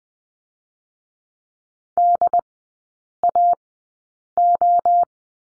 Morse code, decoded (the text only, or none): DAO